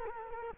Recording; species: mosquito wingbeat signal from an infrared sensor; Culex quinquefasciatus